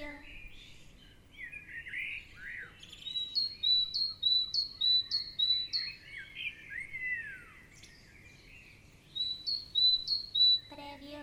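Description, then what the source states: Birds singing, spaced descending chirps in a loose series mixed with sweeping warbled notes, a harmonic call briefly at each end. Morning ambience.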